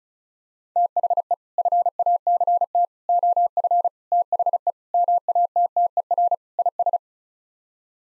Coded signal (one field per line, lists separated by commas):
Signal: Morse code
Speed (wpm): 34 wpm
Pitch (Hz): 700 Hz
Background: none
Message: THE FACT OF THE MATTER IS